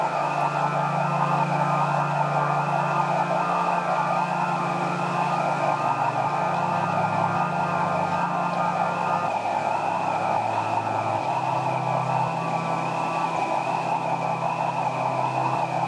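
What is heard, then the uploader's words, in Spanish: Frogs and insects fill the early evening with a dense, unbroken chorus. A steady high insect trill runs throughout, over a thick layer of croaking and chirping, while low droning frog calls shift in pitch every few seconds. Loudness stays constant from start to finish. La calle por la orilla del arroyo cabana, la canela y el patio de la casa, las ranas y los insectos todos a la tardecita noche.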